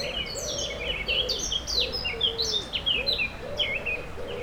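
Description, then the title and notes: Warbler song of busy, high, jumbled chirps, with a low tonal phrase repeating beneath it. Near the Sierroz river, allée Marcel Mailly, Aix-les-Bains, France; warblers singing without competition at this time of year; river level very low. "3 Rue des Pélicans, 73100 Aix-les-Bains, France - Fauvettes. Près du Sierroz allée Marcel Mailly , les fauvettes sont sans concurrence à cette époque , le niveau du Sierroz est très bas"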